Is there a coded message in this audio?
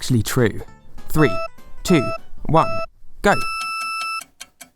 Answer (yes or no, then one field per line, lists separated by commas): no